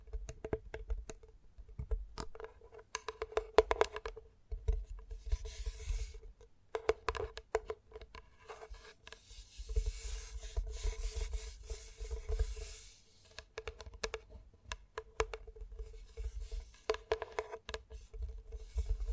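Gentle tapping runs through the whole clip as quick, irregular clusters of light taps and scratchy touches, with brief pauses around 2, 7, and 14 seconds. A low steady hum sits underneath, along with a faint constant mid tone.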